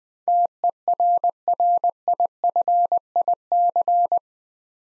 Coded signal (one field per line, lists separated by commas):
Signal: Morse code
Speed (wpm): 20 wpm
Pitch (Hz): 700 Hz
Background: none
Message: TERRIFIC